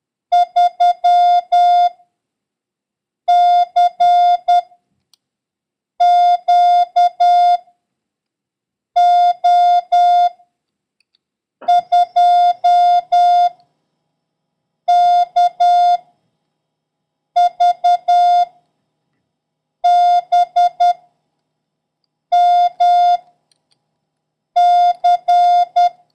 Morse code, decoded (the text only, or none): 3 C Q O 2 K V B M C